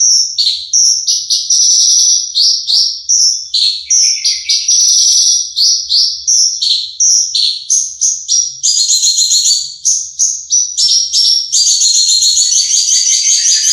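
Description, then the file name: Horsfield's bush lark in a fast, continuous song of high chirps and whistled notes, delivered in rapid succession. Bird named Mercy, owned by Om Donny. "audio branjangan mercy milik om donny marga omkicau com"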